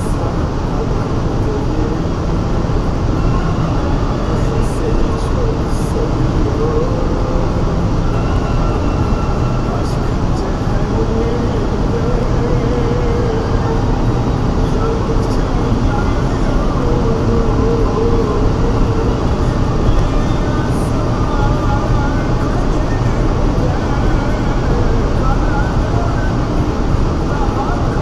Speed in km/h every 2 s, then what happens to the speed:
182, 183, 184, 184, 185, 186, 189, 191, 193, 195, 196, 195, 194, 192.
0-28 steady at about 189.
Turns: none.